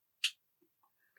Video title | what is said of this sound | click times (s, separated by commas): Battle of the Nextruder! Prusa Core One build E07 | till it clicks like so. | 0.2 s